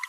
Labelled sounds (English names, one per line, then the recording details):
Green-rumped Parrotlet babbling
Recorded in a nest box in Venezuela
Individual 18B25A3